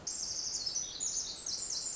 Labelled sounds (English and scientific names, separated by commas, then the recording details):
Pacific Wren (Troglodytes pacificus)
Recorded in Sonoma County, California